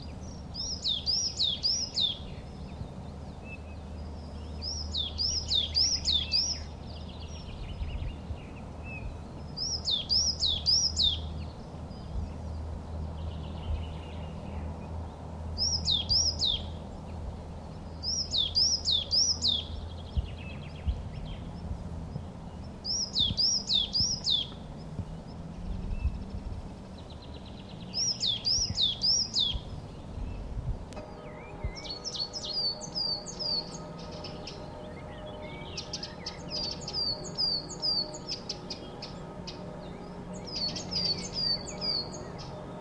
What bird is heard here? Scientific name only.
Periparus ater